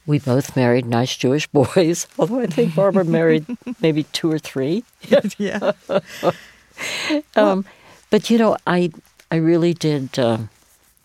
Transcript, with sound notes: We both married nice Jewish boys. Although, I think Barbara married maybe two or three (laughter).
Yeah.
But, you know, I really did